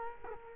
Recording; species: mosquito wingbeat signal from an infrared sensor; Culex quinquefasciatus